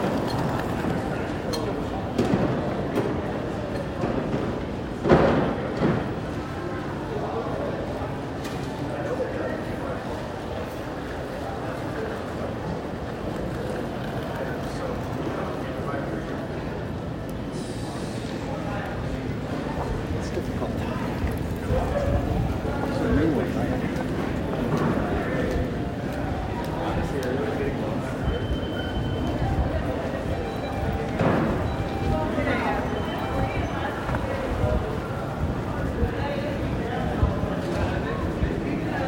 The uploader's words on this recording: San Francisco International Airport (SFO). You'll hear the sounds of luggage wheels rolling across the floor, as travelers make their way through the terminal. The buzz of conversations in different languages creates a sense of global connectedness. The sound of footsteps on the polished floors, and the hum of escalators and moving walkways. SFO Hustle Bustle.